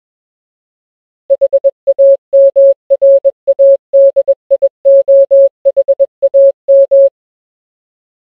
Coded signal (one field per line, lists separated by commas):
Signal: Morse code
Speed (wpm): 21 wpm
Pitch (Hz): 550 Hz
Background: none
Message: HAMRADIOHAM